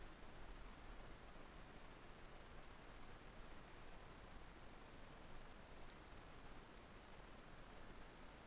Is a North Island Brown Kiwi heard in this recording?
no